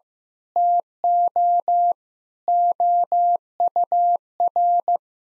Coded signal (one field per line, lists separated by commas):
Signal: Morse code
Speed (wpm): 16 wpm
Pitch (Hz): 700 Hz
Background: none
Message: TO OUR